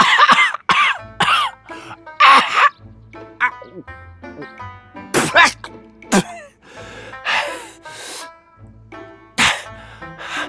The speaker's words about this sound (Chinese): 苏哲一急，整颗槟榔都滑进了喉咙里，他咳嗽了半天，急得满头是汗，最后好不容易才将那槟榔给吐了出来。